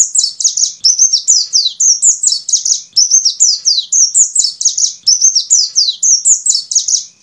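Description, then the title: White-eye in full song, a hurried, sweet twitter of high downslurred chirps repeated without a break. "Pleci"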